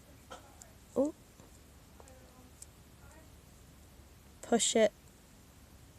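A plastic washer is pushed onto the shank of a plastic safety eye in a crocheted frog amigurumi toy. Faint small ticks and handling noises come through a quiet background, and someone talks briefly near 1 s and again near 4.5 s. Nothing has seated or clicked yet.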